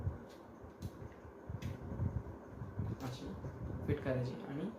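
An action camera is being positioned in its plastic protective case, with the red button to one side, ready for the case to be pressed shut, while someone talks over soft handling noises and a steady background hum. Nothing has seated or clicked yet.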